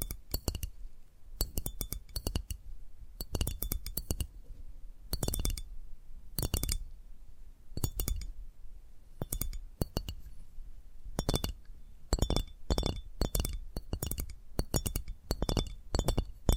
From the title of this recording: Addictive Tapping Triggers